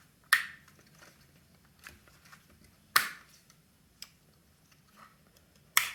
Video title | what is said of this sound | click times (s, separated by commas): VW airbag clockspring modification | So it clicked in, all three are engaged. | 0.3 s, 3.0 s, 5.8 s